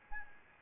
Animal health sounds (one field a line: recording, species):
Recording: mosquito wingbeat signal from an infrared sensor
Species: Aedes albopictus